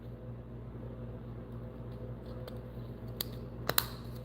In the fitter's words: There we go. Nice little click.